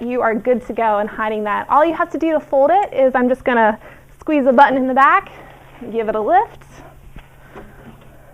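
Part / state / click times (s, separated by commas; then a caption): folding treadmill deck into its upright storage latch / not seated / none. Someone talks while squeezing the release button at the back of a Yowza Osprey folding treadmill and lifting its deck toward the folded upright position and its storage latch. Only speech and faint low handling sounds are heard. Nothing has seated or clicked yet by the end of the clip.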